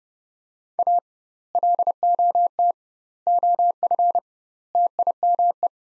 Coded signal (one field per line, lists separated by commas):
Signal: Morse code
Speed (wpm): 31 wpm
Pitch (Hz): 700 Hz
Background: none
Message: A LOT OF TIME